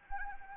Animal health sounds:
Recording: mosquito wingbeat signal from an infrared sensor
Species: Anopheles arabiensis

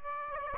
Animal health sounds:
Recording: mosquito wingbeat signal from an infrared sensor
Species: Aedes aegypti

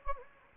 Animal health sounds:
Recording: mosquito wingbeat signal from an infrared sensor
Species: Anopheles gambiae

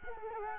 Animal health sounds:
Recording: mosquito wingbeat signal from an infrared sensor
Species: Culex quinquefasciatus

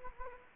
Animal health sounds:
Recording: mosquito wingbeat signal from an infrared sensor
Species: Anopheles gambiae

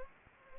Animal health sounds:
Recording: mosquito wingbeat signal from an infrared sensor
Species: Anopheles gambiae

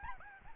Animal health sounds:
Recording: mosquito wingbeat signal from an infrared sensor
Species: Aedes albopictus

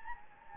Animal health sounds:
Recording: mosquito wingbeat signal from an infrared sensor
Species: Anopheles gambiae

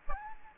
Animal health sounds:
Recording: mosquito wingbeat signal from an infrared sensor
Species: Aedes aegypti

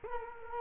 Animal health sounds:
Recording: mosquito wingbeat signal from an infrared sensor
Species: Culex quinquefasciatus

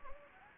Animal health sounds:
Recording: mosquito wingbeat signal from an infrared sensor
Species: Anopheles gambiae

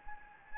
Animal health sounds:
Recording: mosquito wingbeat signal from an infrared sensor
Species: Anopheles gambiae

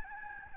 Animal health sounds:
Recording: mosquito wingbeat signal from an infrared sensor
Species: Aedes albopictus

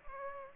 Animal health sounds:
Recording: mosquito wingbeat signal from an infrared sensor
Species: Culex pipiens

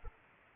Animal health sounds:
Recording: mosquito wingbeat signal from an infrared sensor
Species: Culex pipiens

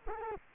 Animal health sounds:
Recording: mosquito wingbeat signal from an infrared sensor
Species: Culex quinquefasciatus

